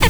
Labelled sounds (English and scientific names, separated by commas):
Zebra Finch (Taeniopygia guttata) tet call